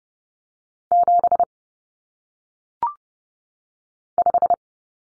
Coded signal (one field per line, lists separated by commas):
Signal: Morse code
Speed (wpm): 30 wpm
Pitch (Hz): 700 Hz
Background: none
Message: 7 5